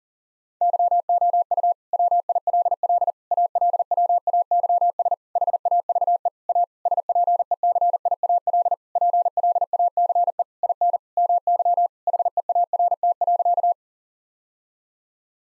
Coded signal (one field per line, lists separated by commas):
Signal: Morse code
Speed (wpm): 40 wpm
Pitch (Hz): 700 Hz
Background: none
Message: YOU WILL ALWAYS HAVE A SPECIAL PLACE IN MY HEART.